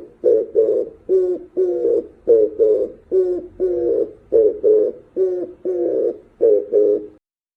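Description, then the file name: Pigeon cooing: many low, hollow hoots repeated in a steady rhythm. "hatohoho"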